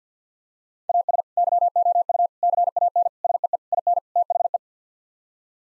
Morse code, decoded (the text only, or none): AS YOU CAN SEE IN THE